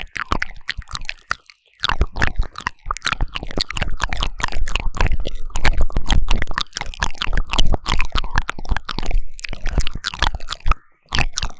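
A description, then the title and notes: Wet mouth sounds of chewing and crunching, dense clicks and smacks repeating rapidly, with brief silent pauses near two and eleven seconds. 口腔音慎入!! | 3Dio Mouth Sounds | NoTalking.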